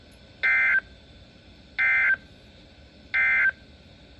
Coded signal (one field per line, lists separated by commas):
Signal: Emergency Alert System (SAME) tones